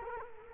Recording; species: mosquito wingbeat signal from an infrared sensor; Culex quinquefasciatus